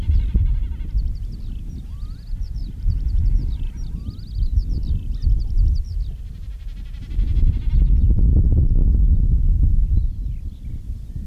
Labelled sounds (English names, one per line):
Common Snipe